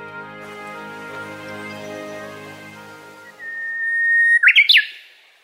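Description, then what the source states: Japanese bush warbler song: a long level whistle swelling in loudness, then a quick twisting flourish at the end, over a faint humming background. Recorded at Daigenji Plateau, Niigata Prefecture, Japan.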